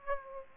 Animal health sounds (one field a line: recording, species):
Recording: mosquito wingbeat signal from an infrared sensor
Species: Aedes aegypti